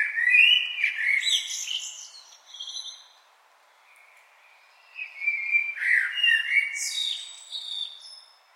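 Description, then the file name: Common blackbird song, two fluty warbled phrases separated by a pause of about two seconds, each finishing with high squeaky twitters. "Turdus merula"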